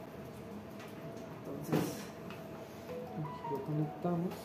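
A lithotripter handpiece connector is lined up with its red dot matching the red dot on the console socket, before it is connected and pushed in. Someone talks over faint background music, with a few quiet handling sounds. Nothing has seated or clicked yet.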